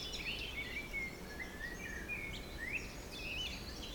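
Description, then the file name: Birds sing faint, thin whistled notes, some slurred upward, half-buried in a strong hiss of wind. Forest in spring, windy at Beaufort force 3, recorded at 1 pm. "Forest Spring Birds Windy 3 bft 1 pm"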